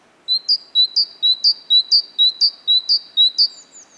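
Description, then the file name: Great tit repeating a sharp two-syllable phrase of alternating high and lower notes several times in steady rhythm. "Parus major"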